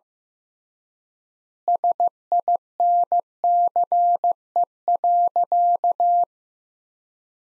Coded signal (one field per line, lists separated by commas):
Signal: Morse code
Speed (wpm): 15 wpm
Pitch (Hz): 700 Hz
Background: none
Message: SINCE.